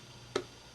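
A self-tapping corner screw is turned backwards in the plastic housing of a TP-Link TL-PA511KIT AV500 powerline adapter until it drops into its existing thread. A single sharp tick sounds at 0.4 s over a quiet background. The screw has seated in the old thread.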